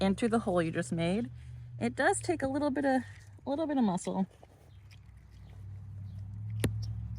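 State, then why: Seated. A plastic barbed drip fitting is pushed with some force into a freshly punched hole in polyethylene drip irrigation tubing. Someone talks, then after a quieter stretch of effort a sharp snap is heard at 6.6 s. The fitting is seated in the tubing.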